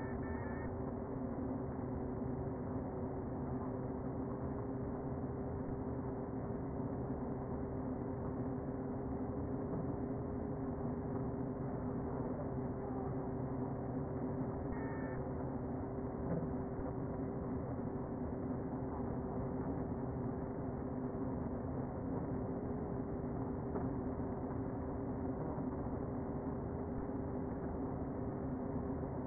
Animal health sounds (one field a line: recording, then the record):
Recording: honeybee colony, microphone inside the hive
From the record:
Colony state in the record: queen present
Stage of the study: before two queens were removed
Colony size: about 60,000 bees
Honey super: yes